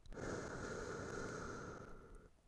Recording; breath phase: one breath near a microphone; exhalation